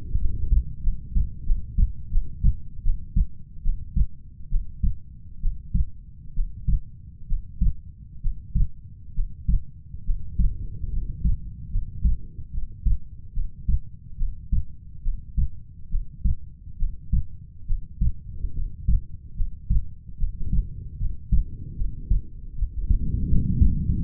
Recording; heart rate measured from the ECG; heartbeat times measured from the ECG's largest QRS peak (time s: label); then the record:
heart sounds by stethoscope; 73 bpm
0.17 s: heartbeat
0.82 s: heartbeat
1.45 s: heartbeat
2.10 s: heartbeat
2.83 s: heartbeat
3.63 s: heartbeat
4.49 s: heartbeat
5.40 s: heartbeat
6.34 s: heartbeat
7.27 s: heartbeat
8.21 s: heartbeat
9.14 s: heartbeat
10.04 s: heartbeat
10.90 s: heartbeat
11.70 s: heartbeat
12.51 s: heartbeat
13.33 s: heartbeat
14.17 s: heartbeat
15.02 s: heartbeat
15.89 s: heartbeat
16.77 s: heartbeat
17.66 s: heartbeat
18.53 s: heartbeat
19.35 s: heartbeat
20.17 s: heartbeat
20.97 s: heartbeat
21.75 s: heartbeat
22.55 s: heartbeat
23.28 s: heartbeat
23.99 s: heartbeat
From the record:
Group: healthy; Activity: breath hold 0-18 s, rest 18-24 s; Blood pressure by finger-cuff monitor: 110/71 mmHg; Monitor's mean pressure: 88 mmHg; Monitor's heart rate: 71 bpm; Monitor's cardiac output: 6.5 L/min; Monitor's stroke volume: 90 mL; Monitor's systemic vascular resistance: 1010 dyn s/cm5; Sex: female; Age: 22 years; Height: 160 cm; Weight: 45 kg